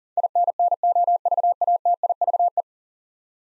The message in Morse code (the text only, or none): INNOVATIVE